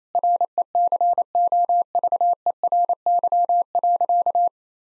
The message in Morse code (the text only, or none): RECOVERY.